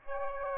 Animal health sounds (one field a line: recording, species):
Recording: mosquito wingbeat signal from an infrared sensor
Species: Aedes aegypti